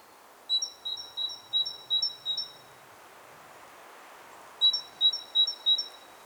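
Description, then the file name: Great tit: six bright two-note pairs, a pause of nearly two seconds, then four more pairs, over a low rushing background noise. "Parus major"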